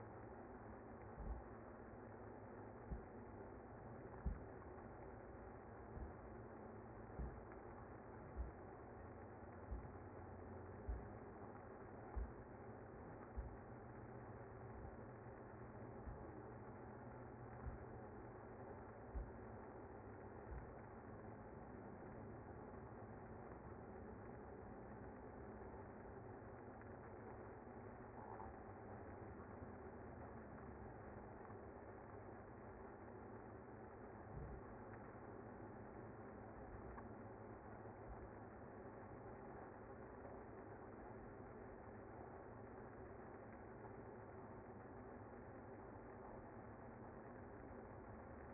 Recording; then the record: honeybee colony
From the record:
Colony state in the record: active